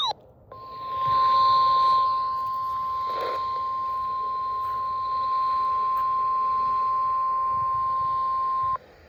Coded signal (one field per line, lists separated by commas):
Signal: Emergency Alert System (SAME) tones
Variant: 1050 Hz attention tone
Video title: WWG49 (LSX) Winter Storm Warning. 1/22/25 EAS #535